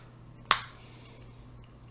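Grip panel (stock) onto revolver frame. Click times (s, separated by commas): 0.5 s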